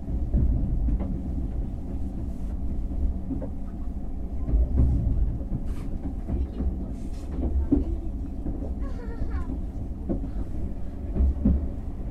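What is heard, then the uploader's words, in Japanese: Running sound from inside a sleeper express train: a dense, steady low rumble with irregular knocks and clacks from the wheels throughout. Around the ninth second a short bright chime-like melody rises over the noise, and faint voices sit in the background. 寝台特急日本海 青森到着アナウンス・走行音。Sleeper limited express Nihonkai Aomori arrival announcement and running sound。終点の青森駅到着までの約7分間の走行音です。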